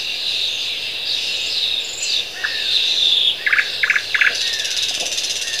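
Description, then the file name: Thrush nightingale with three loud, evenly spaced notes standing out against a dense, high background chorus. Recorded at Bergen. "Sprosser Bergen"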